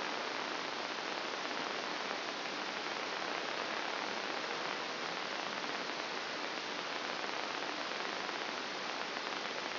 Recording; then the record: brain microelectrode recording played as sound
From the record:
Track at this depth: inside the subthalamic nucleus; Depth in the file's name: 3.366 mm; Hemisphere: left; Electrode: 2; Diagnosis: Parkinson's disease